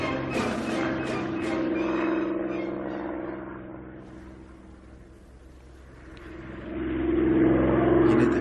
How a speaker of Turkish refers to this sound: Akşamın 8'inde bile uçak sesi.